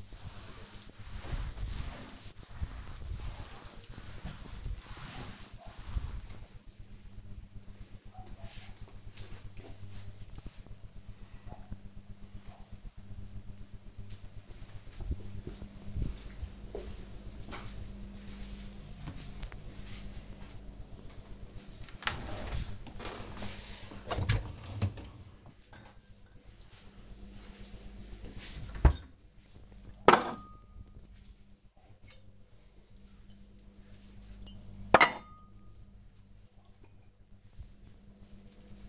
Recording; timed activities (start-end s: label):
household activities, microphone on the right wrist
0.00-6.18 s: cleaning table
20.28-38.89 s: cleaning out the dishwasher